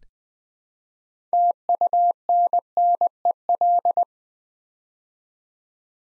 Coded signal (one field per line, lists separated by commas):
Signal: Morse code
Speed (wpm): 20 wpm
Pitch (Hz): 700 Hz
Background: none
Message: TUNNEL